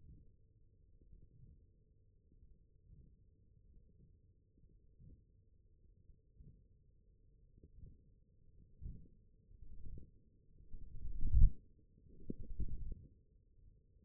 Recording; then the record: forearm muscle sounds (acoustic myography)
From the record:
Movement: wrist extension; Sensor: system 1, eight BSWA MPA416 microphones around the upper forearm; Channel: 5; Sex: male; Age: 21 years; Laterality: right